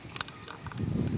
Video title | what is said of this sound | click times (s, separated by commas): Cara Merawat / Menguras Alat Filtrasi Air | sampai ada bunyi cetek. | 0.2 s